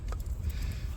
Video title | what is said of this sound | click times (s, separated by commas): GPS and Camera Installation Ford Maverick | push them together until you hear it click into place, and you'll feel it too. | 0.1 s